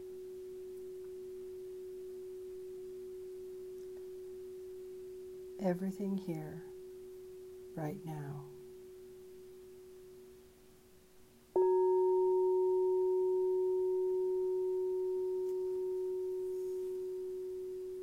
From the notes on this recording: heart chakra singing bowl and her vibrations, tones, and sounds